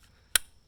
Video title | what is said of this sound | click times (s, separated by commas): Blackout TL360 Tripod Chair - Out of Box Review | It clicks kind of loud, that's not so great, but it holds it tight and keeps the seat firm on there so it doesn't squeeze up on you, and I like that. | 0.4 s